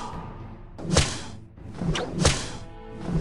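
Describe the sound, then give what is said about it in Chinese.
Three sharp whip lashes crack in sequence, each a sudden bright swish ending in a snapping strike on a person, spaced roughly a second apart with brief rustling between them and no talking. “这些纷乱的念头在每一鞭落下去之后就变得更多更凌乱。”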